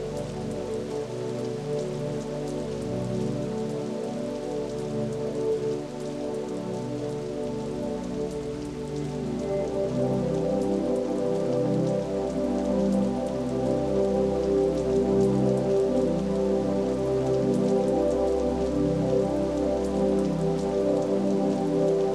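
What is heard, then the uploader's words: Steady rain patters on a surface through the night, dense and close, with a low droning hum underneath that grows slightly louder after ten seconds. In a Comfy Recliner on a Rainy Night.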